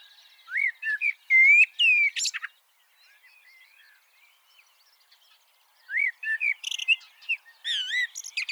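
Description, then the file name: Common blackbird singing two warbled phrases, each of fluty whistles ending in high squeaky twitters, with a quiet pause of about three seconds between. "Turdus merula"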